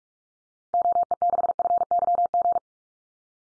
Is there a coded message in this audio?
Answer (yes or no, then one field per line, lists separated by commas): yes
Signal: Morse code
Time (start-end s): 0.7-2.6 s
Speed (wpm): 44 wpm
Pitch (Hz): 700 Hz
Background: none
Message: OE6FYG